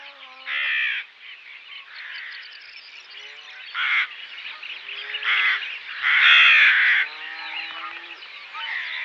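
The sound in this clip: Rook caws, harsh hoarse calls rising above a dense background chatter of many other rooks calling together.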